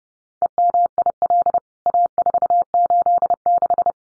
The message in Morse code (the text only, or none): EMIL A486